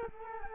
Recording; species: mosquito wingbeat signal from an infrared sensor; Culex quinquefasciatus